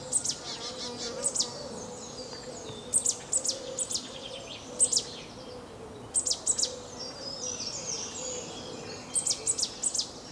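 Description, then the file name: Marsh tit calling: several quick groups of thin, piercing high notes, with buzzy scratchy runs in between and a steady low background hum. "Poecile palustris"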